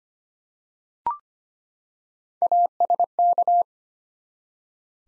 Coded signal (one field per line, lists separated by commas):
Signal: Morse code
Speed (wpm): 25 wpm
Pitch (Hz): 700 Hz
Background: none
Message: ASK